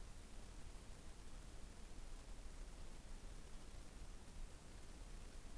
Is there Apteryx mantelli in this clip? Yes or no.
no